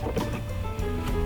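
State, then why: Not seated. A plastic MOPAR auxiliary switch electrical box (power distribution box) for a Jeep Wrangler JL is being slid down over its newly installed metal mounting bracket. Only steady handling and scraping noise over a low hum is heard, with no sharp transients. Nothing has seated or clicked yet.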